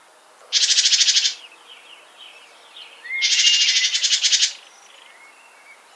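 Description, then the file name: Great tit scolding with dry, pulsed churrs: one short rattle, then a longer buzzy run, with faint soft notes between them. "Parus major"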